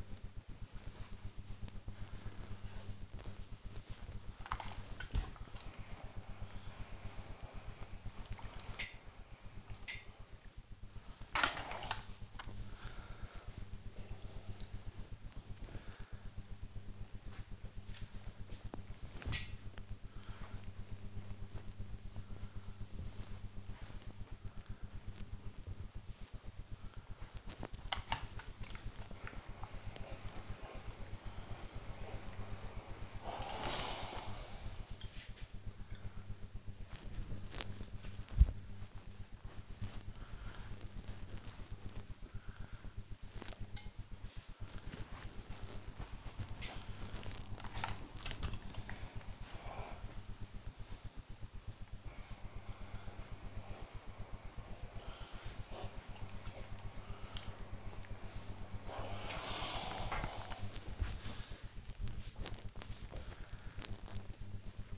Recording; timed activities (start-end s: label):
household activities, microphone on the right wrist
3.89-64.98 s: ironing laundry